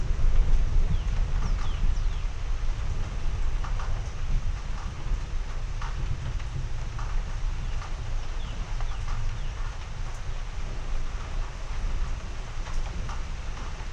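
A thunderstorm in East Texas sounds as a steady, dense low rumble throughout, with no sharp cracks, just a continuous rolling roar. Short bird calls chirp faintly above it every couple of seconds, scattered across the whole stretch.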